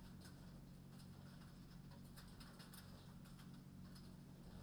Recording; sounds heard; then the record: poultry house recording; no chicken sound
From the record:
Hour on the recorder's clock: 21